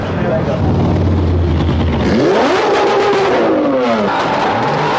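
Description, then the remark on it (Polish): A loud car engine at an illegal street race idles with a low rumble, then revs hard, its pitch sweeping upward and dipping in repeated surges over a wash of steady background noise. “Co grozi kierowcy samochodu, który bierze udział w takich nielegalnych zawodach?”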